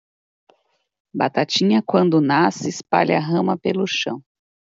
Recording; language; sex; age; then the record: short text; Brazilian Portuguese; female; 30 to 39 years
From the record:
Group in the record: control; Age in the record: 38 years